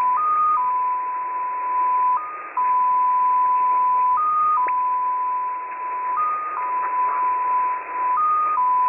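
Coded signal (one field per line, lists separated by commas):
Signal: multi-tone FSK (Olivia or MFSK type)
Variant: XPA2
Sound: slow steady tone that jumps briefly to a slightly higher pitch every two seconds, over hiss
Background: radio static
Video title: XPA2 On 11163kHz USB February 7, 2021 12:00 UTC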